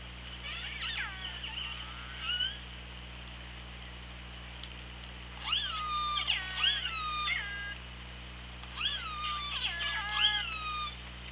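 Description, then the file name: Orca calls: bursts of squealing, harmonic whistles that rise and fall, in three clusters, over steady low hydrophone hum. Recorded on the OrcaLab hydrophone, 24 August 2017 at 17:02. "Orca Lab UTLN JASON 20170824 170240"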